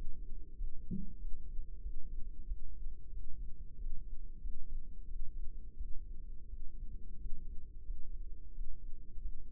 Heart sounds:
heart sounds by microphone in the right ear; 90 bpm
0.54 s: heartbeat
1.17 s: heartbeat
1.80 s: heartbeat
2.44 s: heartbeat
3.10 s: heartbeat
3.76 s: heartbeat
4.39 s: heartbeat
5.05 s: heartbeat
5.74 s: heartbeat
6.46 s: heartbeat
7.16 s: heartbeat
7.82 s: heartbeat
8.51 s: heartbeat
9.19 s: heartbeat
From the record:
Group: healthy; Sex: male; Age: 21 years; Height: 180 cm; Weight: 67.5 kg

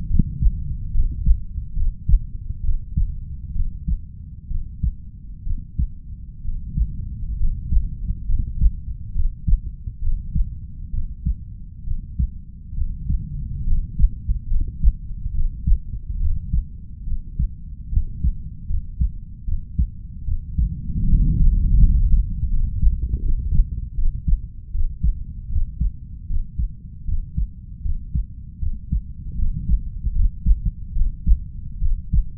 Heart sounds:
heart sounds by stethoscope; 72 bpm
0.07 s: heartbeat
0.91 s: heartbeat
1.73 s: heartbeat
2.61 s: heartbeat
3.52 s: heartbeat
4.47 s: heartbeat
5.43 s: heartbeat
6.41 s: heartbeat
7.36 s: heartbeat
8.25 s: heartbeat
9.11 s: heartbeat
9.99 s: heartbeat
10.90 s: heartbeat
11.83 s: heartbeat
12.74 s: heartbeat
13.63 s: heartbeat
14.47 s: heartbeat
15.31 s: heartbeat
16.17 s: heartbeat
17.04 s: heartbeat
17.89 s: heartbeat
18.66 s: heartbeat
19.44 s: heartbeat
20.24 s: heartbeat
21.05 s: heartbeat
21.78 s: heartbeat
22.48 s: heartbeat
23.20 s: heartbeat
23.94 s: heartbeat
24.71 s: heartbeat
25.48 s: heartbeat
26.26 s: heartbeat
27.04 s: heartbeat
27.81 s: heartbeat
28.58 s: heartbeat
29.35 s: heartbeat
30.12 s: heartbeat
30.92 s: heartbeat
31.78 s: heartbeat
From the record:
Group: healthy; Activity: rest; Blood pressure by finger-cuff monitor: 125/72 mmHg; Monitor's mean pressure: 85 mmHg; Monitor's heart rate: 70 bpm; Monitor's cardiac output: 5.2 L/min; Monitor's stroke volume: 77 mL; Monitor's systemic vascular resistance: 1190 dyn s/cm5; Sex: female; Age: 32 years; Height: 168 cm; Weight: 61.9 kg

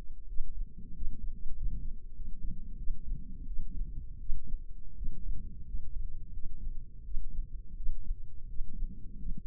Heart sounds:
heart sounds by microphone in the left ear; 88 bpm
0.26 s: heartbeat
0.93 s: heartbeat
1.54 s: heartbeat
2.13 s: heartbeat
2.76 s: heartbeat
3.45 s: heartbeat
4.18 s: heartbeat
4.94 s: heartbeat
5.64 s: heartbeat
6.31 s: heartbeat
7.02 s: heartbeat
7.74 s: heartbeat
8.46 s: heartbeat
9.16 s: heartbeat
From the record:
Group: healthy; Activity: rest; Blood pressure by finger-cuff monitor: 110/58 mmHg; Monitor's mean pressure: 70 mmHg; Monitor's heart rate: 89 bpm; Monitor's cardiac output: 6.9 L/min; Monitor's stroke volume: 75 mL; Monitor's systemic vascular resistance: 720 dyn s/cm5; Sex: male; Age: 20 years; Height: 167 cm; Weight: 61 kg

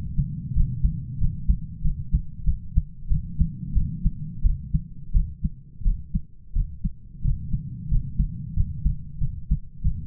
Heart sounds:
heart sounds by stethoscope; 91 bpm
0.55 s: heartbeat
1.20 s: heartbeat
1.83 s: heartbeat
2.46 s: heartbeat
3.09 s: heartbeat
3.74 s: heartbeat
4.43 s: heartbeat
5.13 s: heartbeat
5.84 s: heartbeat
6.54 s: heartbeat
7.23 s: heartbeat
7.90 s: heartbeat
8.55 s: heartbeat
9.20 s: heartbeat
9.83 s: heartbeat
From the record:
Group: healthy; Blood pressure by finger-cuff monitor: 114/60 mmHg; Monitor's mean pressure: 74 mmHg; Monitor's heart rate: 93 bpm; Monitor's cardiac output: 9.4 L/min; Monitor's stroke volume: 102 mL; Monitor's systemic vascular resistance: 580 dyn s/cm5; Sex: male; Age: 33 years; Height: 179 cm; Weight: 80.4 kg

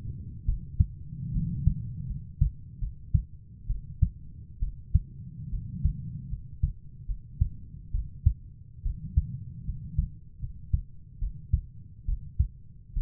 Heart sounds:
heart sounds by stethoscope; 72 bpm
0.46 s: heartbeat
1.33 s: heartbeat
2.07 s: heartbeat
2.80 s: heartbeat
3.68 s: heartbeat
4.60 s: heartbeat
5.51 s: heartbeat
6.30 s: heartbeat
7.07 s: heartbeat
7.93 s: heartbeat
8.84 s: heartbeat
9.66 s: heartbeat
10.41 s: heartbeat
11.20 s: heartbeat
12.07 s: heartbeat
12.95 s: heartbeat
From the record:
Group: healthy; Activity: rest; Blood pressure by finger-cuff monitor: 125/73 mmHg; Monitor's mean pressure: 92 mmHg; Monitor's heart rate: 72 bpm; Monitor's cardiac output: 6.5 L/min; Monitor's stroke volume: 88 mL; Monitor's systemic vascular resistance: 1060 dyn s/cm5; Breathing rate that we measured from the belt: 15 breaths a minute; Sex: female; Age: 22 years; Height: 160 cm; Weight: 63 kg

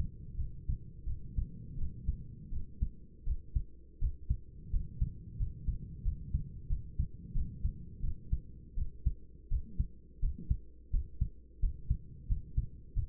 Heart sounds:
heart sounds by stethoscope; 86 bpm
0.37 s: heartbeat
1.06 s: heartbeat
1.77 s: heartbeat
2.51 s: heartbeat
3.25 s: heartbeat
4.00 s: heartbeat
4.72 s: heartbeat
5.38 s: heartbeat
6.04 s: heartbeat
6.68 s: heartbeat
7.34 s: heartbeat
8.02 s: heartbeat
8.76 s: heartbeat
9.50 s: heartbeat
10.21 s: heartbeat
10.92 s: heartbeat
11.61 s: heartbeat
12.28 s: heartbeat
12.95 s: heartbeat
From the record:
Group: healthy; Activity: rest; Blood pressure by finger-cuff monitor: 117/68 mmHg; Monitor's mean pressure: 83 mmHg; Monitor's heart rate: 87 bpm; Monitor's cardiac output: 9 L/min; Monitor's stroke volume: 106 mL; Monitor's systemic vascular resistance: 680 dyn s/cm5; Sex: male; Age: 24 years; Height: 184 cm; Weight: 89 kg

